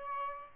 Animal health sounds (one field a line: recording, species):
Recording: mosquito wingbeat signal from an infrared sensor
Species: Aedes albopictus